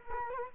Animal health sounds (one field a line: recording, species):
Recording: mosquito wingbeat signal from an infrared sensor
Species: Culex quinquefasciatus